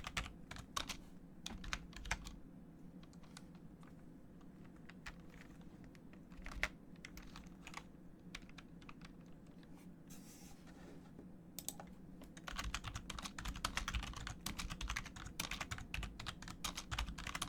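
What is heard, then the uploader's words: Keyboard typing with sharp, irregular key clicks throughout, in bursts with short pauses, growing denser and faster after about twelve seconds. A low steady hum runs underneath, and a brief softer rustle sounds around ten seconds. ASMR Keyboard sounds & mouse sounds No Talking.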